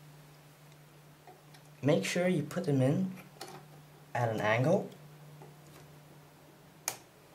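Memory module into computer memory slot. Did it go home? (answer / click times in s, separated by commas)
yes / 6.9 s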